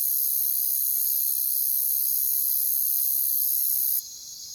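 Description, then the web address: Crickets in a loud, constant high trilling chorus that abruptly falls quieter near the end. "WLL Grade 1-12 Pre-Uni Library Natures Songs Sleep Sounds of Nature CRICKETS Crickets"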